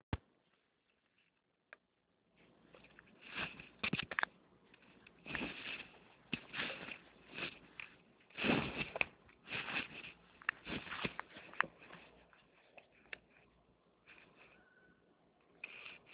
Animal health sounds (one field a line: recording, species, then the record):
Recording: mosquito flight sound by mobile phone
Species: Anopheles albimanus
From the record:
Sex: male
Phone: Nokia 6555B